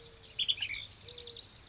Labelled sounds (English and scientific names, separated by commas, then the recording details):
Mourning Dove (Zenaida macroura)
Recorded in Sonoma County, California